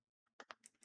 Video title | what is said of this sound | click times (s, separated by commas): Failed Nintendo switch lite Modchip install repair for a customer. | Oh, get in, mate. There you go. There's the click. | 0.4 s